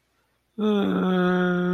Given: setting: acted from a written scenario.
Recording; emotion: vocal sound without words; sadness